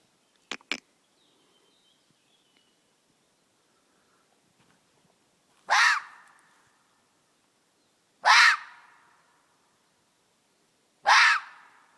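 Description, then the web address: Red fox screams: three harsh, hoarse cries, each about half a second long, a few seconds apart. Two short sharp clicks come first, then quiet. Fox screaming across the whole forest. "lis krzyczy na caly las"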